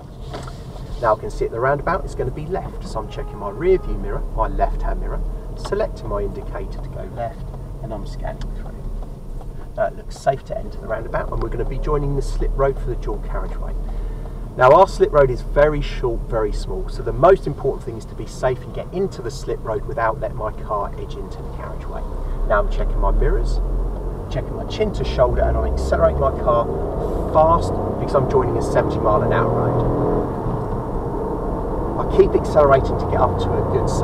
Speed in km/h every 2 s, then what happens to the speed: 11, 15, 19, 19, 18, 18, 21, 16, 16, 8, 10, 18, 27, 37, 45, 56, 69.
0-4 speeds up to 19. 4-13 steady at about 19. 13-18 slows to 8. 18-34 speeds up to 69.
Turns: 12-21.